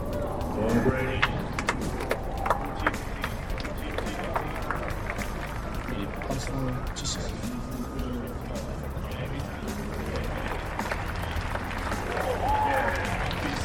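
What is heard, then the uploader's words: Crowd sounds at the US Open tennis championships: a dense, steady murmur of many voices fills the whole stretch. Sharp clicks and knocks pop through it irregularly, with a few higher tones and a brief bright whistle-like sound near the end. Sounds of the US Open tennis championships.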